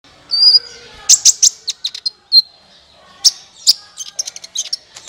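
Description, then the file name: Sunbird: bird calls: a thin high whistle, then bursts of sharp chirps and quick twitters at uneven spacing. "suara kolibri ninja"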